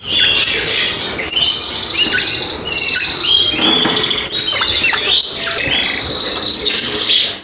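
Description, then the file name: Bird song, loud and busy, with a steady stream of chirps, squeaky whistles and harsh squawky notes tumbling over one another throughout. "ptaszek"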